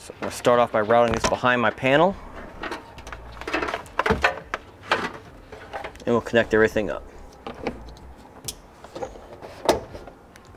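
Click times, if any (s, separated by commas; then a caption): 9.7 s. Someone talks while a T-connector trailer wiring harness is routed behind the rear panel of a 2015 Nissan Rogue, with rustling and sharp handling knocks around 3.4 to 4.9 s. The mating plastic connectors of the harness plug are pushed into the vehicle's tail-light wiring connector and click together, seated, at 9.7 s.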